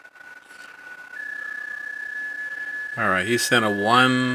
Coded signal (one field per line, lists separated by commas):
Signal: PSK31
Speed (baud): 31.25 baud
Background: speech